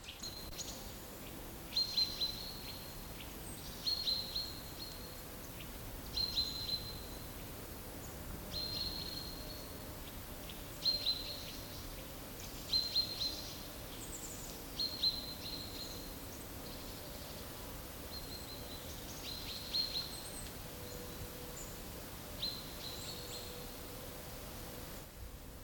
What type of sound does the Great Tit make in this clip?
call